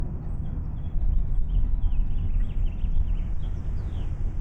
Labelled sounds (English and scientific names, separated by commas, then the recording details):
House Finch (Haemorhous mexicanus) song
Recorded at Neponsit on Long Island, New York, on 4 June 1975
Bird F